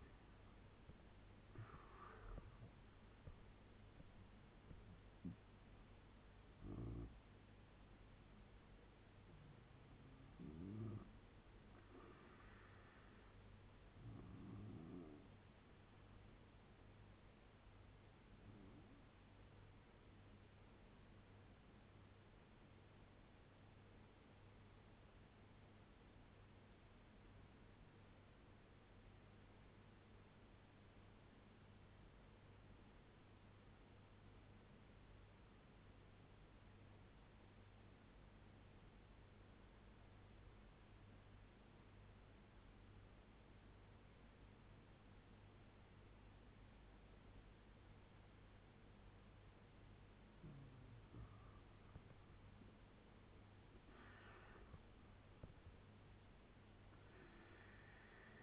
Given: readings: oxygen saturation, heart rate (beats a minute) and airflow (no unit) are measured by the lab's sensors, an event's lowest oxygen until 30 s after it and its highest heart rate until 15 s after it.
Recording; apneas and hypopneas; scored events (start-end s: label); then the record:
breathing in sleep by a voice recorder at the bedside; 1
12.00-58.43 s: new sleep stage, N1 (lightest sleep)
24.00-52.30 s: obstructive apnea (N1, oxygen 97% highest, then 87% lowest, heart rate 72 at the start, 88 highest)
From the record:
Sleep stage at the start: N2 (light sleep); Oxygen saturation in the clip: 87 to 97%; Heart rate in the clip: 69 to 88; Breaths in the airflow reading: 7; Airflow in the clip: -7.8 to 12.9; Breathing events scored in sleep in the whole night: 201 in 6.5 hours asleep